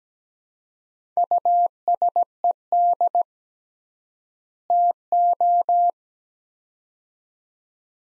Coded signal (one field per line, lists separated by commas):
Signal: Morse code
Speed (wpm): 17 wpm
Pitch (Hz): 700 Hz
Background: none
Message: USED TO